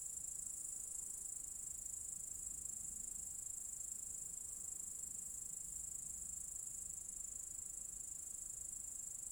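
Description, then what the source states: Cicadas singing a continuous, very high-pitched hissing drone that holds steady throughout, with faint low rumble beneath. Several cicadas in an apple tree orchard at Zalensų Sodybos, Lithuania, recorded 23 August 2015.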